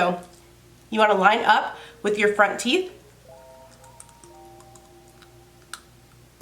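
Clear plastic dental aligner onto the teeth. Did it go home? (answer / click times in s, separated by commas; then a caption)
yes / 5.7 s. A clear plastic dental aligner is lined up with the front teeth and pressed onto the teeth while someone talks over soft background music. A few small clicks follow, then a sharp snap at 5.7 s as the aligner locks into place, showing it is seated.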